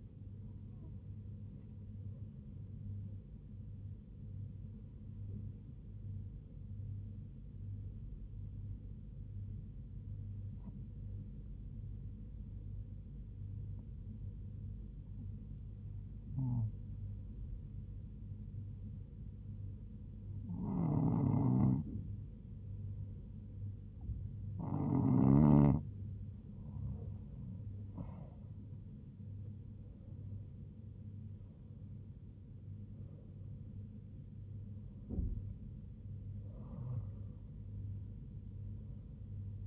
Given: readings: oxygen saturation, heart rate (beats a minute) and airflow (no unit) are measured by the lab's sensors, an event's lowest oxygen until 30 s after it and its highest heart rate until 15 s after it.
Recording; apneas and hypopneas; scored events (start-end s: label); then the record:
breathing in sleep by a smartphone at the bedside; 1
3.00-24.10 s: hypopnea (N1, oxygen 98% highest, then 96% lowest, heart rate 72 at the start, 84 highest)
From the record:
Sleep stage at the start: N1 (lightest sleep); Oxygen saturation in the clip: 96 to 98%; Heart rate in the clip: 72 to 84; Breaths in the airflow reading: 9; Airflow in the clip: -6.0 to 5.3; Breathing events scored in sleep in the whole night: 158 in 7.3 hours asleep